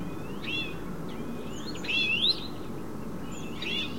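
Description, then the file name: European greenfinch calls, several chirps and a clear rising sweep near the middle, with constant low background noise throughout. "Chloris chloris"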